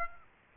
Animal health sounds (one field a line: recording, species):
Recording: mosquito wingbeat signal from an infrared sensor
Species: Aedes aegypti